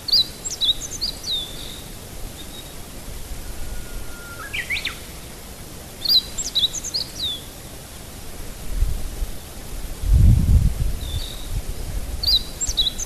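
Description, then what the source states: Meadow bunting delivering brief, rapid high phrases roughly every six seconds; a drawn-out whistle ending in rising notes comes between them, and a low rumble swells near the end. Recorded 26 May 2008.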